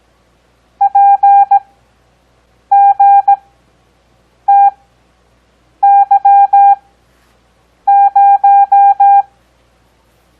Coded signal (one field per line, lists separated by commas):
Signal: Morse code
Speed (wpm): 17 wpm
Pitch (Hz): 800 Hz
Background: none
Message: PGTY0